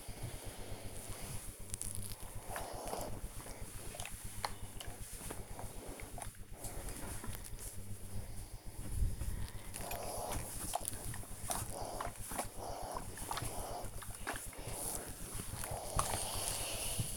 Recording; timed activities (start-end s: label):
household activities, microphone on the right wrist
0.00-17.17 s: ironing laundry